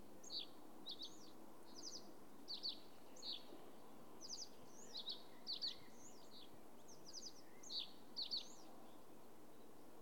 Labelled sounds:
Fire-Bellied Toad (Bombina bombina) call

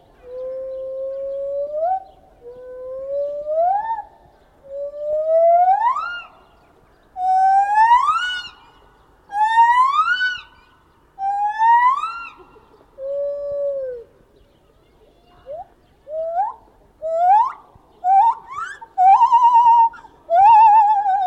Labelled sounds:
Lar Gibbon (Hylobates lar)

